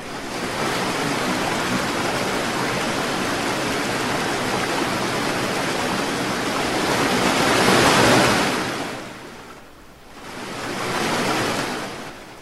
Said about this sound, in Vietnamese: Đợt sóng tan hết, mặt nước dần dần trở lại yên ả.